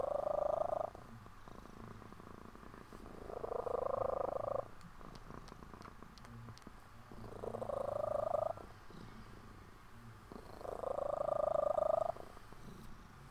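Cat: kitten purring in four throbbing phrases, each just over a second, alternating with quieter intervals and faint clicks.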